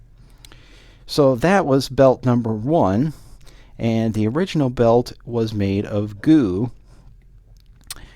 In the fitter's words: in order to get the uh the belt off and then it snaps back in like that